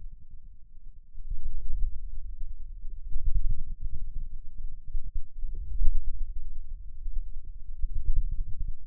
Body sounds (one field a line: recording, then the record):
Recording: forearm muscle sounds (acoustic myography)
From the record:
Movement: inward rotation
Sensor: system 2, bracelet of six BSWA MPA416 microphones around the upper forearm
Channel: 1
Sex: male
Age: 22 years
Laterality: right